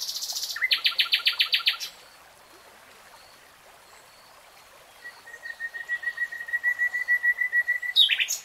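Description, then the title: Nightingale song: a fast pulsed rattle of repeated notes, silence, then a pure steady whistle rising into a crescendo and a final flourish. Nightingale singing, real time. "[Tiếng chim hót] REALTIME Nightingale Singing"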